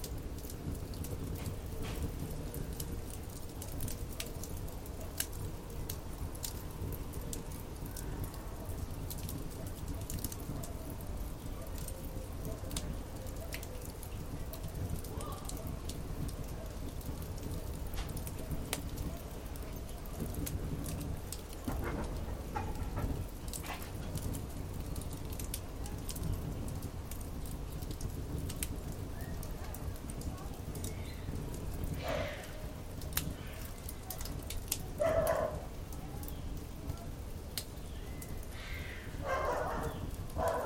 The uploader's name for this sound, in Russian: Горения костра на бинауральном микрофоне.